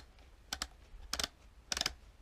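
The magazine tube cap at the front of an unloaded Winchester SX3 shotgun, with nothing in the magazine, is being turned to unscrew and loosen it. Its detent gives short, bright clicks at 0.5, 1.1 and 1.7 s; the last two are each followed by a couple of quicker, softer ticks over a low background hum. The cap is loosening with each click toward coming off.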